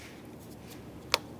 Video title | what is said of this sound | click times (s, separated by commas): How To Replace Headlights 2000-2005 Buick LeSabre | there it is give that a nice tug to make sure it's secure and of course lock it in | 1.1 s